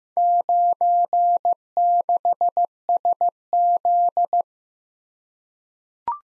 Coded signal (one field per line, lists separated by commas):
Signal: Morse code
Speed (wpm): 15 wpm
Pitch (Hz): 700 Hz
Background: none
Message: 96SZ